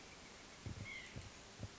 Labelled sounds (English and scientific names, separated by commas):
White-breasted Nuthatch (Sitta carolinensis)